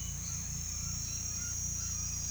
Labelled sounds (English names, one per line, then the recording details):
none
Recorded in pastures near Puerto Asís, Putumayo, Colombia, on 18 December 2024 at 07:00
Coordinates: 0.472, -76.331
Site GP02